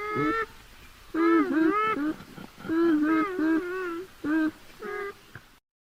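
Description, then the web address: Beaver whines: nasal, wavering harmonic cries in several bursts, some drawn out and dipping in pitch, separated by brief pauses, ending in silence. "animal-sound beaver-sound"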